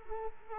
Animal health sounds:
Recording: mosquito wingbeat signal from an infrared sensor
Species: Culex quinquefasciatus

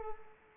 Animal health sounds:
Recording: mosquito wingbeat signal from an infrared sensor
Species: Culex pipiens

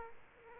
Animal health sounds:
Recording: mosquito wingbeat signal from an infrared sensor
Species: Aedes aegypti

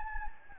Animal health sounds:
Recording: mosquito wingbeat signal from an infrared sensor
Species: Anopheles gambiae

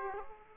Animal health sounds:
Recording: mosquito wingbeat signal from an infrared sensor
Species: Aedes aegypti

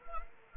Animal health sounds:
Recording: mosquito wingbeat signal from an infrared sensor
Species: Anopheles arabiensis

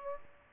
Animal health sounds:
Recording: mosquito wingbeat signal from an infrared sensor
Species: Aedes aegypti

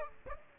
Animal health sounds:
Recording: mosquito wingbeat signal from an infrared sensor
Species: Aedes aegypti

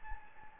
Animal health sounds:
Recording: mosquito wingbeat signal from an infrared sensor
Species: Anopheles gambiae

